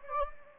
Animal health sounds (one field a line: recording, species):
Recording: mosquito wingbeat signal from an infrared sensor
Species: Anopheles gambiae